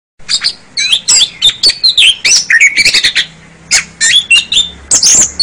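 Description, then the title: Oriental magpie-robin singing a fast, varied medley of sweet whistles, slurred rising and falling notes and harsh squeaks, with a faint low hum in the background. "Kacer"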